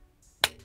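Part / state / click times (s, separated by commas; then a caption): pistol magazine into kydex magazine carrier / seated / 0.4 s. A pistol magazine is pushed into a kydex magazine carrier on a holster and seats with a sharp, bright snap at 0.4 seconds. A faint scraping comes just before it and a brief rattle follows. The magazine is seated in the carrier.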